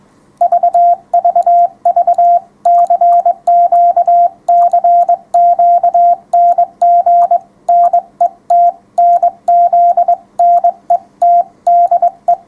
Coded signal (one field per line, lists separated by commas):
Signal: Morse code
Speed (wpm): 22 wpm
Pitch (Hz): 700 Hz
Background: none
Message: VVV CQ CQ NG NET NZ NET DE